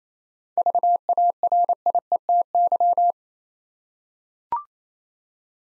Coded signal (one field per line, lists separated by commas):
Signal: Morse code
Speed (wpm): 28 wpm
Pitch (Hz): 700 Hz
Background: none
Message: VARIETY